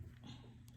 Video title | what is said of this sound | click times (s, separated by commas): #sewingmachine #minisewingmachine #basictutorial | lock ஆயிடுச்சு இதை வெளிய எடுத்துட்டு ஜஸ்ட் பிரஸ் பண்ணா உள்ள போயிடும் | 0.2 s, 0.7 s